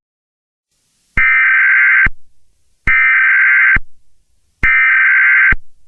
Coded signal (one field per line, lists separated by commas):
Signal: Emergency Alert System (SAME) tones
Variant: header bursts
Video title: EAS Scenario 9|| Demons And Monsters